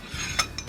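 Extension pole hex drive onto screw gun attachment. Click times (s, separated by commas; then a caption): 0.4 s. An extension pole's hex drive shaft is lined up with a Senco screw gun attachment and pushed down until it snaps into place. After a low rubbing rumble, a sharp bright snap at 0.4 s seats the pole, followed by a fainter tick around 0.6 s.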